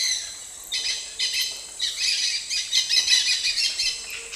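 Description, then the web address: Dusky-headed parakeets giving rapid, rasping squawks over a constant high insect drone. Group of birds giving flight calls; Eastern Lowlands, South America. "Natures Songs S America Eastern Lowlands Aratinga weddellii, group flight calls"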